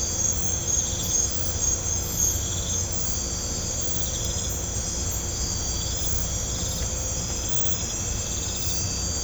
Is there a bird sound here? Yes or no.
no